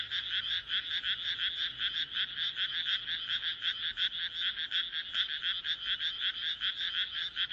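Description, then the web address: Frogs in full chorus, rhythmic rasping croaks layered into an unbroken high drone. "kaeru kaeru"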